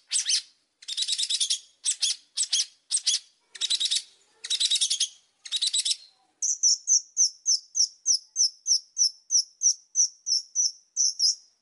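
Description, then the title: Oriental magpie-robin song: a series of harsh buzzy rattles, then a steady run of short high whistled notes, about three per second. Gacor, lively-singing song used as a lure to make other magpie-robins answer. "Pancingan Suara Siulan Kacer Gacor Mantap Untuk Memancing Kacer Lain Agar Mau Nyaut Bunyi"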